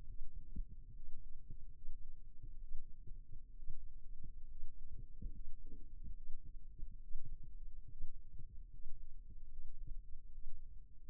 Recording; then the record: forearm muscle sounds (acoustic myography)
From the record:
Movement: rest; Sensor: system 2, bracelet of six BSWA MPA416 microphones around the upper forearm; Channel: 5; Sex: male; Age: 22 years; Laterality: right